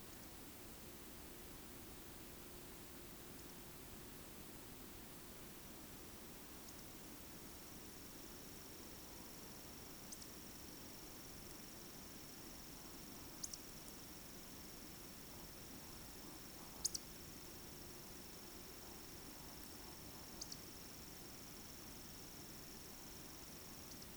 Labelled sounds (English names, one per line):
Eurasian Woodcock whistle
Eurasian Woodcock croak